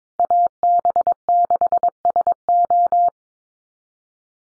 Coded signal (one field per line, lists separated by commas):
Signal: Morse code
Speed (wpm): 22 wpm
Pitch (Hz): 700 Hz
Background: none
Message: AB6SO